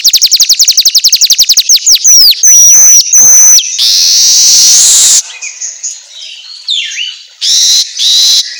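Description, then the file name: Weaver song: a fast rattle of sharp ticking notes, then pure whistled tones and long sizzling hiss, followed by scratchy chatter and buzzes. Song recording meant for training songbirds, labelled 'auto gacor'. "Suara Kicau Manyar Kepala Emas Auto Gacor"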